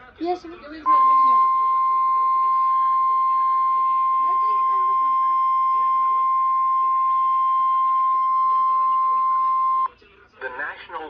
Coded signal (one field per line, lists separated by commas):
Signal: Emergency Alert System (SAME) tones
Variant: 1050 Hz attention tone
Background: speech